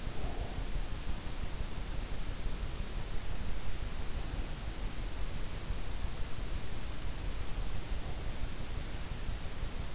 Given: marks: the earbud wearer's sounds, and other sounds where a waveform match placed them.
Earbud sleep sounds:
sounds in sleep by an in-ear microphone; breath
0.00-0.99 s: breath

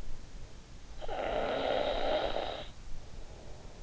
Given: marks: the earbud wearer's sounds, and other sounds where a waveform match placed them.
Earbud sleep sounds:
sounds in sleep by an in-ear microphone; snoring breath
0.68-3.16 s: snoring breath

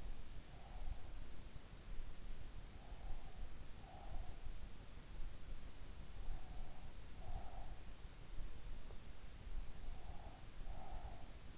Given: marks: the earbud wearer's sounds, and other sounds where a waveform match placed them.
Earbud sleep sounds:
sounds in sleep by an in-ear microphone; breath
0.00-1.12 s: breath
2.97-4.84 s: breath
6.31-8.15 s: breath
9.85-11.58 s: breath

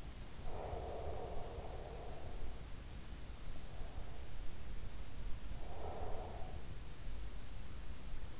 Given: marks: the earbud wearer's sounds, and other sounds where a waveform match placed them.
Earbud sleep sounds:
sounds in sleep by an in-ear microphone; breath
0.37-2.72 s: breath
5.13-6.83 s: breath

